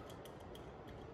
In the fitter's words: there's a very audible clicking sound which means it's locked